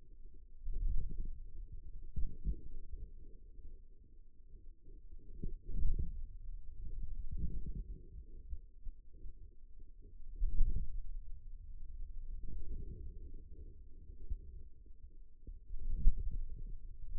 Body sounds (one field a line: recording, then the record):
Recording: forearm muscle sounds (acoustic myography)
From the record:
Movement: wrist flexion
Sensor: system 2, bracelet of six BSWA MPA416 microphones around the upper forearm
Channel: 3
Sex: male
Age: 22 years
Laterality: right